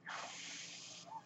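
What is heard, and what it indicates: A single airy hiss rises quickly, holds steady for about a second, then fades into a softer puff. It is the rush of air from a home mechanical ventilator delivering one breath.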